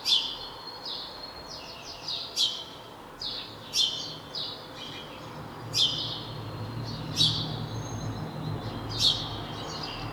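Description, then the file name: House sparrow giving loud, harsh chirps in irregular bursts, some doubled, over a low rumbling background hum. "Passer domesticus"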